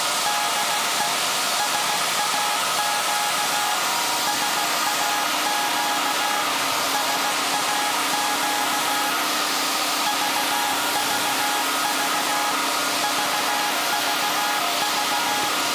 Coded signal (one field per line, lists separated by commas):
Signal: Morse code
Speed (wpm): 16 wpm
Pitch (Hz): 830 Hz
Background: none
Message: DE SAQ SAQ SAQ VVV VVV